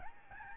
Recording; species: mosquito wingbeat signal from an infrared sensor; Aedes albopictus